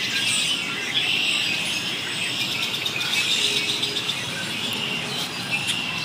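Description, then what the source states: Birds in a dense chorus of high chirps and twittering, many overlapping callers calling continuously with no pauses. Many birds calling very excitedly.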